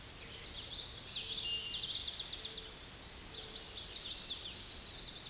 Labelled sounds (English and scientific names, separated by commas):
Common Yellowthroat (Geothlypis trichas) song